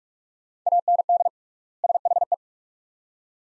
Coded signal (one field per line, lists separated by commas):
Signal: Morse code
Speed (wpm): 42 wpm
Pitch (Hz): 700 Hz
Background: none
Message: AND SHE